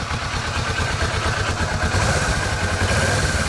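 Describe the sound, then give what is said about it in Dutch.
A Vulcan cruiser motorcycle engine, under the noise limit, revs under light throttle, a steady, deep, rumbling drone with a pulsing low-end throb and a faint mechanical clatter, holding fairly even loudness throughout. “Het is ook zo'n Vulcan is ook geen motor om gekke dingen mee te doen.”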